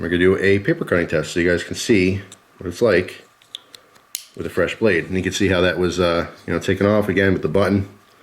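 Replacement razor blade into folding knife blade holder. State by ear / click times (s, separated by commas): not seated / none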